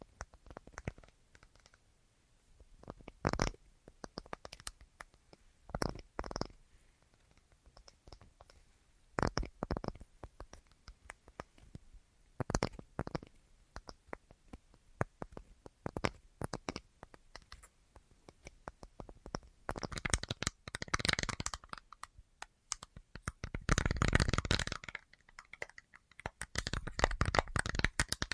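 Irregular tapping, sparse sharp knocks at first, turning into dense rapid clusters of taps and scratchy rustling in the last eight seconds.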